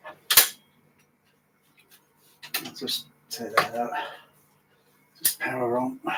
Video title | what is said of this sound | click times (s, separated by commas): laserdisc player , pioneer CLD 925 laser part | And then I'll hear it click, click. | 0.3 s